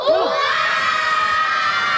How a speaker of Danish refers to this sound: Jeg synes, vi har haft det meget morsomt, og hvis vi har haft det, skal vi så råbe rigtig, rigtig højt jule- og nisse-hurra. 1, 2, 3.